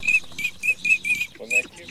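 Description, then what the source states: Eurasian teal whistled calls: short, clear, ringing notes repeated quickly, with a softer, lower nasal sound among them. For use with an electronic hunting caller.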